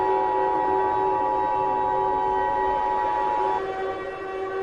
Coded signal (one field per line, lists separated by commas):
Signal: Emergency Alert System (SAME) tones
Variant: 853 and 960 Hz attention tone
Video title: EAS Mini Mock: Clay Steps On A Lego Brick